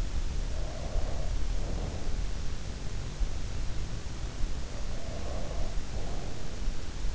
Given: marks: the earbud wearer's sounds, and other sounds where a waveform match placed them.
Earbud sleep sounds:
sounds in sleep by an in-ear microphone; breath
0.24-2.57 s: breath
4.51-7.15 s: breath

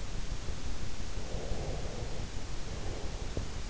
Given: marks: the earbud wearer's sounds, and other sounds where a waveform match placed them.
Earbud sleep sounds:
sounds in sleep by an in-ear microphone; breath
1.07-3.52 s: breath

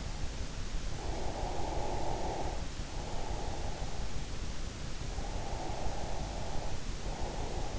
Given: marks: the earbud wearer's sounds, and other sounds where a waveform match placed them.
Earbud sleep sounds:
sounds in sleep by an in-ear microphone; breath
1.01-4.11 s: breath
5.26-7.79 s: breath

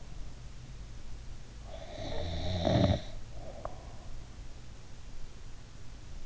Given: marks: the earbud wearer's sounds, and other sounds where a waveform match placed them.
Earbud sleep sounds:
sounds in sleep by an in-ear microphone; snoring breath
1.61-4.13 s: snoring breath

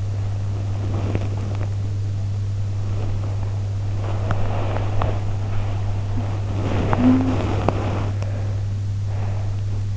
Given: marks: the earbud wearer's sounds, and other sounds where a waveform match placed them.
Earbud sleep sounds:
sounds in sleep by an in-ear microphone; body movement, talking in sleep
0.00-9.75 s: body movement
6.62-7.78 s: talking in sleep

